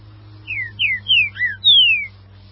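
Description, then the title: Green-winged saltator song, five bright downslurred whistles in a rapid phrase, with a steady low hum beneath throughout. "Trinca Ferro"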